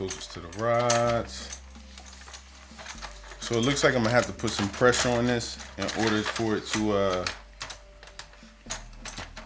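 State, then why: Seated. Someone talks while a 3D-printed plastic clip part is pressed against the linear rods of an Ender 3 printer frame being converted to Core XY. The part's clips move to the side and snap onto the rods with sharp clicks at 7.6 and 8.2 seconds, locking it into place.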